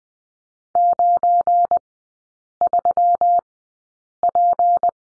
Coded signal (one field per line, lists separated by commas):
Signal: Morse code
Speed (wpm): 20 wpm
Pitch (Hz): 700 Hz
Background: none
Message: 93P